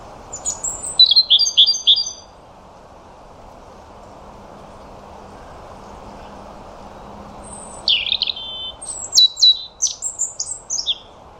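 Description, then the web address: European robin song: two bursts of high, thin warbling phrases with sweet whistles and quick trills, separated by a quiet gap of several seconds; steady low background hiss. "Deverinetal 2025 File origin Bird Only Er Ru"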